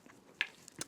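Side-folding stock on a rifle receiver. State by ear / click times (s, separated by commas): seated / 0.4 s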